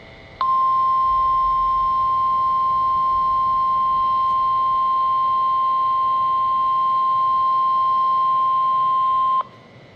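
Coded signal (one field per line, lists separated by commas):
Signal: Emergency Alert System (SAME) tones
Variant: 1050 Hz attention tone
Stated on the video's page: NOAA Weather Radio weekly test from the Ruskin National Weather Service office.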